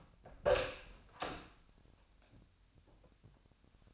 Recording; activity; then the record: daily activity, microphone in the room; open door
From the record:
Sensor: 2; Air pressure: 1007.0 hPa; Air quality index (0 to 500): 196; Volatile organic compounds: 13 ppm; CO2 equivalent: 2409 ppm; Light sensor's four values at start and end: 9/23/9/10 and 10/23/10/10